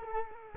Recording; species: mosquito wingbeat signal from an infrared sensor; Culex quinquefasciatus